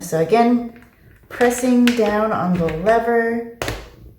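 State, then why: Seated. Someone talks while pressing down the release lever and setting the plastic face shield into the groove of the side pivot mount on a SHOEI RF-1400 helmet. The shield snaps into place with a sharp click at 3.7 s, seating it in the mount.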